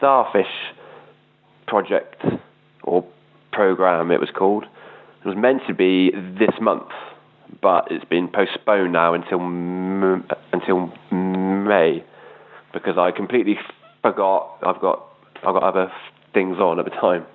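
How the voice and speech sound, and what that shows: An adult man from the Dorset area of England, who says he has a stammer, speaks with repeated words, stretched sounds and mid-phrase pauses that may be blocks, fitting a mild stammer.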